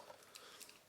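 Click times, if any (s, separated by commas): none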